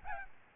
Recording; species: mosquito wingbeat signal from an infrared sensor; Aedes albopictus